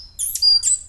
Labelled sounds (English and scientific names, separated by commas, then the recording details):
Stitchbird (Notiomystis cincta) song
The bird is a male
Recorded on Tiritiri Matangi Island, New Zealand, in 2005
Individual 11, of nest box 13